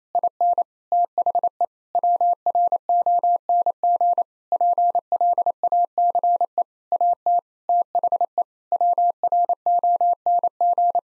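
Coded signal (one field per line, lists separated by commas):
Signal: Morse code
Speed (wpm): 27 wpm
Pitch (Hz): 700 Hz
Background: none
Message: IN THE WRONG PLACE AT THE WRONG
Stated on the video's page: Morse drill at 28 wpm: sentences with common seven-word phrases, first words spoken, sent, spoken, then sent again for head-copy.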